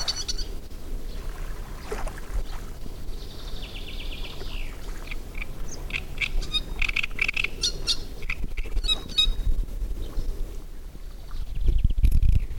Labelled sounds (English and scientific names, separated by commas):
Great Reed Warbler (Acrocephalus arundinaceus)